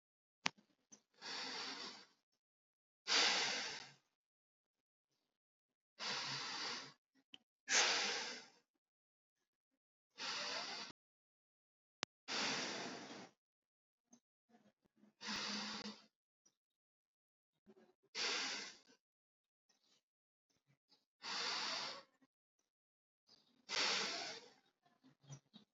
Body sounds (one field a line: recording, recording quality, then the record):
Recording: deep breathing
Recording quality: excellent, no background noise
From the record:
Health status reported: healthy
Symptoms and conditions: none ticked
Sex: male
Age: 40 years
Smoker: not ticked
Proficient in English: yes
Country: India